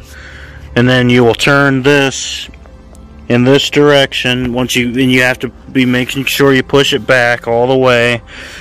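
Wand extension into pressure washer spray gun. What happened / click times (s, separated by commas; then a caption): The wand is handled but not yet seated; no locking click is heard / none. Someone talks while handling the plastic wand extension of a Ryobi 1,600 psi 1.2 gpm compact electric pressure washer, lining up its notches to push it fully into the spray gun and then twist it to lock. The wand has not yet been pushed home, and nothing has seated or clicked yet.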